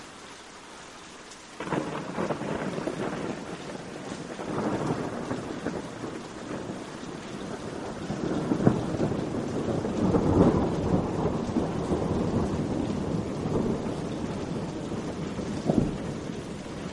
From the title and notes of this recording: 8 Hours of Soothing Rain and Thunder in the Mountains. The soft pitter-patter of raindrops and the distant rumble of thunder.